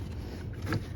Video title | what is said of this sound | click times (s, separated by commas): How To Remove / Replace Fog Lights On A 2011-2013 Jeep Grand Cherokee | what the clips do, they snap right in. | 0.7 s